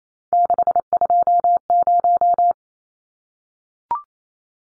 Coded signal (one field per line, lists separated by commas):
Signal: Morse code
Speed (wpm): 28 wpm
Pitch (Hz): 700 Hz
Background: none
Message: 620